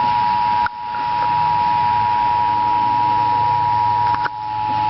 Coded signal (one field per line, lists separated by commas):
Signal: Emergency Alert System (SAME) tones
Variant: 853 and 960 Hz attention tone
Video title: Eas innpurts on tv